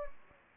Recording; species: mosquito wingbeat signal from an infrared sensor; Anopheles gambiae